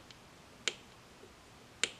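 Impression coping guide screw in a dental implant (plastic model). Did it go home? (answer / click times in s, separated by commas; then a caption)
released / 0.7 s, 1.8 s. A driver keeps unscrewing the guide screw of an open-tray impression coping on a plastic dental implant model. Two sharp clicks are heard at 0.7 s and 1.8 s as the screw comes fully disengaged from the implant, so the tray can be removed.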